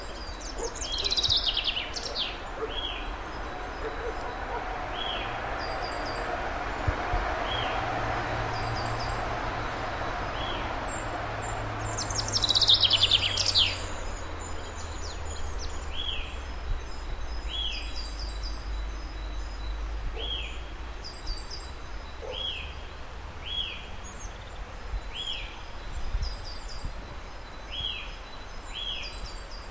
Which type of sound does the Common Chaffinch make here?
song